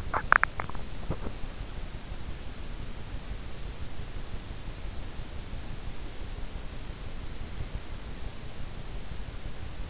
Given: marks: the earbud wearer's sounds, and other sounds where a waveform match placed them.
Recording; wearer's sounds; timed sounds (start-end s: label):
sounds in sleep by an in-ear microphone; swallowing
0.00-1.45 s: swallowing